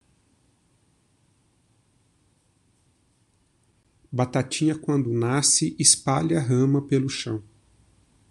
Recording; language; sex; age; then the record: short text; Brazilian Portuguese; male; 30 to 39 years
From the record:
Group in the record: control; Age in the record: 39 years